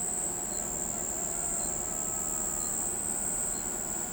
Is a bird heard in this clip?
no